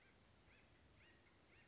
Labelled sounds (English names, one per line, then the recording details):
Acorn Woodpecker
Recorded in Sonoma County, California